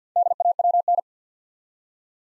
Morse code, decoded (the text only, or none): DAWN